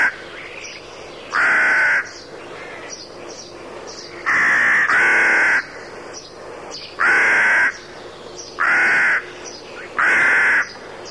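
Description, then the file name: Rook caws: a run of hoarse, grating calls, some doubled, at uneven intervals, with quieter cawing in the background. "havran"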